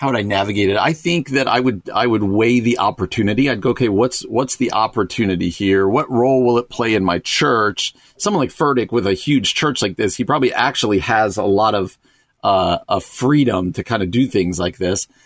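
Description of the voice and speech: A single adult man, a radio show host, speaks conversationally at a moderate pitch, with natural intonation and brief pauses. There is one short stretched filler hesitation, typical of ordinary talk. Speech is fluent with clear articulation and no sign of a speech disorder.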